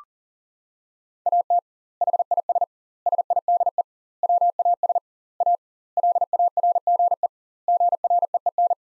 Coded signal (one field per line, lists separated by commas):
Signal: Morse code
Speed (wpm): 40 wpm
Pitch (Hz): 700 Hz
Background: none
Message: AT HIS SIDE WAS A LARGE GREEN